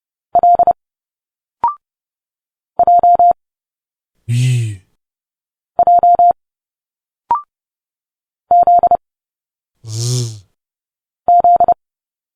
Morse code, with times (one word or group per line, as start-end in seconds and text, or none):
0.4-0.7 L
2.8-3.3 J
5.8-6.3 J
8.5-9.0 Z
11.3-11.7 Z